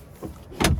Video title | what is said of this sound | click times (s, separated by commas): 2024 Cadillac Lyriq Luxury II Walkaround (Features, Interior, Exterior) | locks into place. | 0.6 s